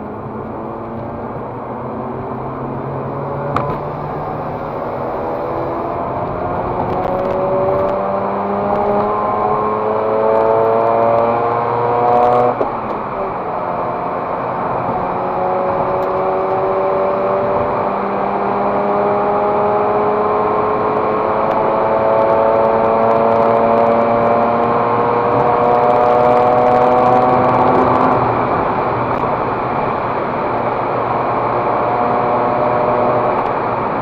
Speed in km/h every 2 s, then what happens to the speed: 56, 67, 78, 90, 100, 112, 120, 121, 129, 136, 144, 153, 161, 170, 173, 162, 166.
0-26 speeds up to 170. 26-34 steady at about 166.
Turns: none.